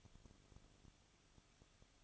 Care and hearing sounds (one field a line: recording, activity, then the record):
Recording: daily activity, microphone in the room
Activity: no activity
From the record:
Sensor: 4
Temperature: 23.0 degrees Celsius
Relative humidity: 34.2%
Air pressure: 1007.4 hPa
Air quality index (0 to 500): 213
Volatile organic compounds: 14 ppm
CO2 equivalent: 2452 ppm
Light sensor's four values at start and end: 2/3/1/1 and 2/3/1/1